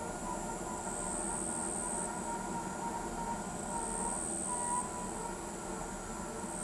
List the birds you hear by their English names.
none